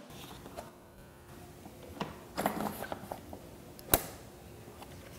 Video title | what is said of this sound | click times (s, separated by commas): Modobag 2.0 FEATURES AND TIPS! | To avoid any wobbles as you're towing the Modobag, just be sure to push your handlebars all the way down until you hear a click. | 3.9 s